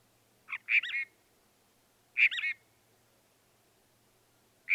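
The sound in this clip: Northern mockingbird song: a two-part phrase, a short note followed by a warbling whistle, repeated about every one and a half seconds.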